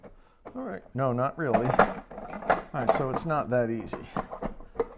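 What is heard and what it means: Someone talks while pressing a plastic cover piece on a wall-mounted Alpha EV charger from United Chargers, after an earlier try that did not go easily. A sharp snap at 4.8 s marks the cover seating home, flush against the wall.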